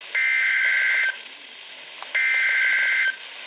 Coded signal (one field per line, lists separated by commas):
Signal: Emergency Alert System (SAME) tones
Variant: header bursts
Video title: Flash Flood Warning on KEC55 (EAS #1046)